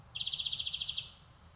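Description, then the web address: European greenfinch giving one short, rapid twittering trill of about a dozen evenly spaced high pulses, lasting under a second, with a faint low hum beneath. "SETE data Chloris chloris"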